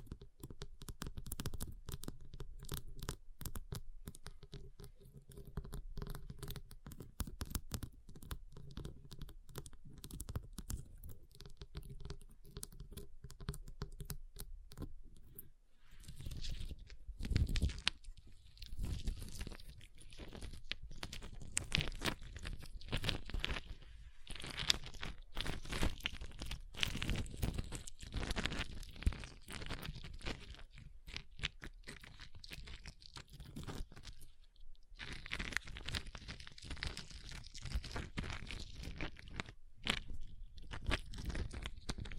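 Ice is tapped, scratched and carved in dense, crunchy bursts, quieter and more muffled for fifteen seconds, then brighter and harsher throughout.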